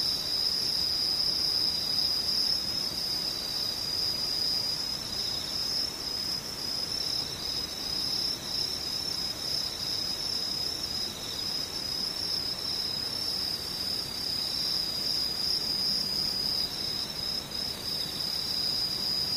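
Insects chirr without pause, a dense, high, shimmering drone that holds steady for the whole stretch. Beneath it runs a faint low rumble of background noise, and the overall level barely changes from start to finish.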